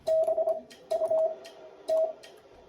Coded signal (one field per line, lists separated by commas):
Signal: Morse code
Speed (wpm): 26 wpm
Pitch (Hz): 660 Hz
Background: none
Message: BUT